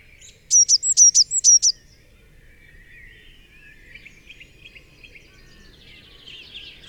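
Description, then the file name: Eurasian blue tit singing one short phrase of about seven high notes, then only faint chirps in the background. "Cyanistes caeruleus"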